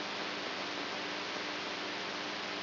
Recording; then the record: brain microelectrode recording played as sound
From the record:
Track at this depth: outside the subthalamic nucleus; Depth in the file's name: 7.503 mm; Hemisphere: right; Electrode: 3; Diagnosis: Parkinson's disease